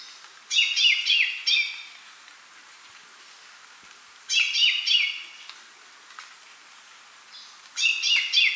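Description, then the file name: Common chaffinch with three rapid, rattling song phrases that drop at the close, spaced about three and a half seconds apart. "Fringilla coelebs"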